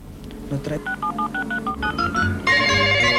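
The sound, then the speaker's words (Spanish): A rapid string of short electronic keypad beeps, each a paired tone, gives way to a steady, bright telephone ringing that holds at a constant level until the end, a call placed from a radio station. “¡Atiende el maldito teléfono!”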